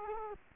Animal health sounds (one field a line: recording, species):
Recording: mosquito wingbeat signal from an infrared sensor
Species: Culex quinquefasciatus